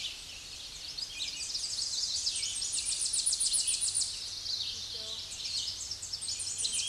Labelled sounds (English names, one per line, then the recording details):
Tennessee Warbler song
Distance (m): 10 m
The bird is about level with the microphone
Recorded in a Pennsylvania forest on 16 May 2024 at 08:12
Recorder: AudioMoth, point MSD-1401
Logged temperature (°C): 16.4 °C
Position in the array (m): 69 m, 161 m